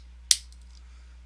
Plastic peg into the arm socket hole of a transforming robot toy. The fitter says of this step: snaps right in